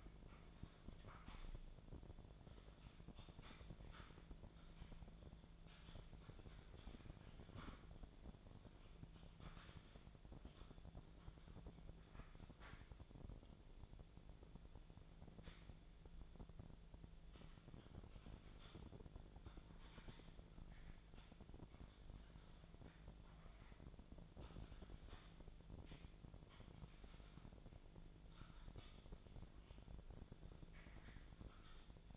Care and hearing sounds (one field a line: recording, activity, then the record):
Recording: daily activity, microphone in the room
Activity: typing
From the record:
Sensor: 5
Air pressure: 1000.3 hPa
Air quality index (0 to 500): 116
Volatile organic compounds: 1 ppm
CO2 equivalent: 928 ppm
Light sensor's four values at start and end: 113/265/114/122 and 111/261/112/120